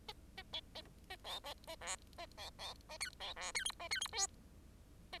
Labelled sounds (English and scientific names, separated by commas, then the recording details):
Bengalese Finch (Lonchura striata domestica) song
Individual Bird10